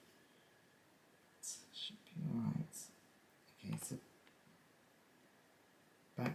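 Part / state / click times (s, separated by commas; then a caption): tiny screw into threaded plastic hole of cassette player / seated / 6.3 s. Someone talks while one of two tiny screws is turned backwards with a poorly fitting screwdriver in the threaded plastic hole of a vintage Sony Walkman WM-22 cassette player's case. A small, sharp click at 6.3 s shows the screw has found its existing thread and seated.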